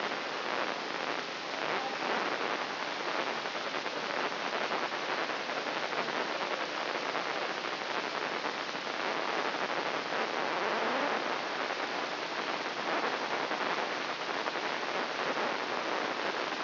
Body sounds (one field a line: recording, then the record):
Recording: brain microelectrode recording played as sound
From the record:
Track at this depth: inside the subthalamic nucleus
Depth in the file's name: 3.508 mm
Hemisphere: left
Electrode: 2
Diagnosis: Parkinson's disease